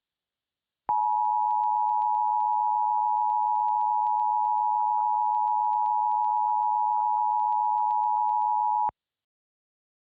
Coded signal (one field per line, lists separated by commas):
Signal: Emergency Alert System (SAME) tones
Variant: 853 and 960 Hz attention tone